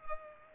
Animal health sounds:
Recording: mosquito wingbeat signal from an infrared sensor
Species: Culex pipiens

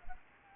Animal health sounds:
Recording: mosquito wingbeat signal from an infrared sensor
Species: Anopheles arabiensis

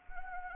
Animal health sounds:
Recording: mosquito wingbeat signal from an infrared sensor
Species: Anopheles arabiensis

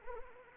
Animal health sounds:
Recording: mosquito wingbeat signal from an infrared sensor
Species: Anopheles arabiensis

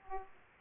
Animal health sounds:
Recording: mosquito wingbeat signal from an infrared sensor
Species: Aedes aegypti

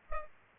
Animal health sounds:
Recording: mosquito wingbeat signal from an infrared sensor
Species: Culex pipiens

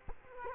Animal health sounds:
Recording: mosquito wingbeat signal from an infrared sensor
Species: Culex quinquefasciatus

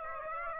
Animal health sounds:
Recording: mosquito wingbeat signal from an infrared sensor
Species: Aedes aegypti

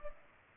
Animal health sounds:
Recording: mosquito wingbeat signal from an infrared sensor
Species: Culex pipiens

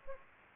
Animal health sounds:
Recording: mosquito wingbeat signal from an infrared sensor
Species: Anopheles gambiae

